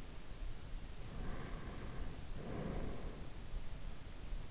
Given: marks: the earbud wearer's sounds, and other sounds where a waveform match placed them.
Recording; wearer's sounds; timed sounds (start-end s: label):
sounds in sleep by an in-ear microphone; breath
1.19-3.22 s: breath